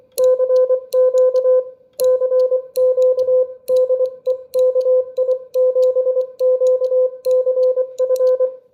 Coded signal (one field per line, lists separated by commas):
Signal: Morse code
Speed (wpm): 24 wpm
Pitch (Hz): 510 Hz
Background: none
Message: CQ CQ DE KI7QCF